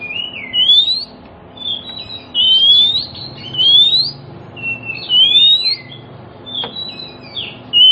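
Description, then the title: Oriental magpie-robin giving sweet rising whistles and wavering slurred notes in a steady sequence, with one sharp click and low background hum. Song played as a lure to prompt other magpie-robins, including ones that have stopped singing, to answer and sing within about five minutes. "Cukup Hitungan Menit Kacer Lain Bisa Bunyi. CUKUP 5 Menit Kacer LAIN NYAUT JADI GACOR, PANCINGAN KACER MACET BUNYI"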